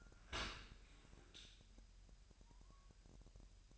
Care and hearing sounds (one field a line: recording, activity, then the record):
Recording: daily activity, microphone in the room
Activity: open dishwasher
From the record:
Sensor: 2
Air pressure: 1000.4 hPa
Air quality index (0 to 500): 246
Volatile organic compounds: 90 ppm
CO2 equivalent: 3687 ppm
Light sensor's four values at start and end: 9/21/9/9 and 9/21/9/9